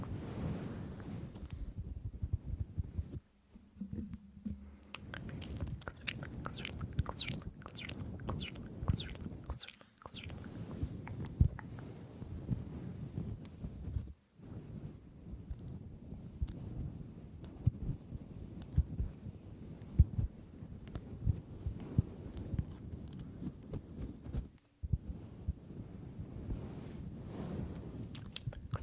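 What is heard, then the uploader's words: Long nails scratch and rub across a fluffy microphone cover, dense, a steady rough rustle heavy in the low end. Quick bursts of sharper tapping flicker in around five to nine seconds, and brief near-silent gaps break the scratching at about 3, 10, 14 and 25 seconds. ASMR Intense Brain Massage w. Extreme Long Nails (Fluffy Mic Scratching).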